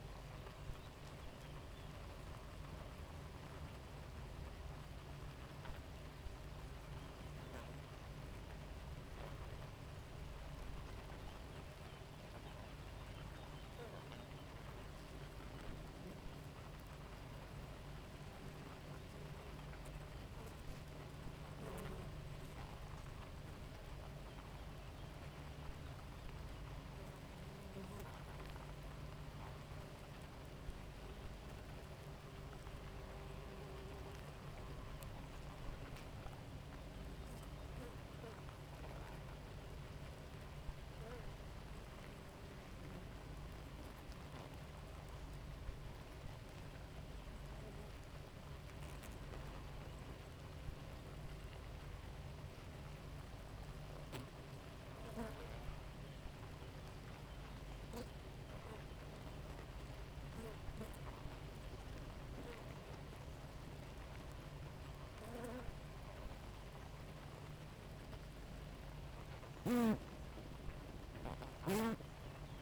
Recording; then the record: honeybee colony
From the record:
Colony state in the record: active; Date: 28 July 2017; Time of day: 4:06